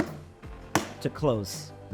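A double-throw latch on a waterproof Pelican hard plastic case lid is pushed down through its two stages to close the case while someone talks. A faint first hit at 0.4 s is followed by a sharp snap at 0.8 s as the latch seats and the case closes.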